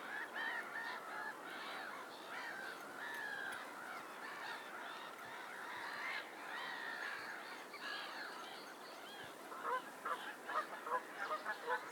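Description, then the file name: Goose: many geese honking in a dense, overlapping chorus. Lake ambience with wind. "Lake ambience noisey seagulls geese wind Lackford Lakes"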